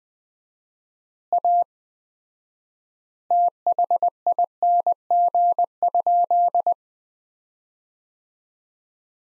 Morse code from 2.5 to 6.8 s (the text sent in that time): THING?